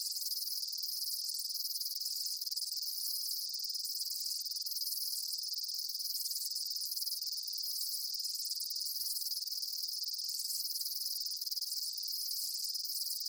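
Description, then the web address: Dense insect chirping forms a continuous shrill chorus, high and hissing, with weak lower trills about every two seconds. Daytime insect ambience, chirping bugs. "Blast Wave Amb Day Insects. animal ambience insects chirps day bugs"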